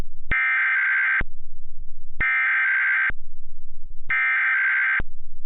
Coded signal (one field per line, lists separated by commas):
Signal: Emergency Alert System (SAME) tones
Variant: header bursts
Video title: EAS Remake: tsunami.